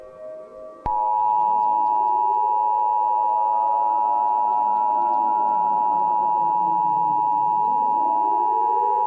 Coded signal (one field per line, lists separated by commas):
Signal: Emergency Alert System (SAME) tones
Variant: 853 and 960 Hz attention tone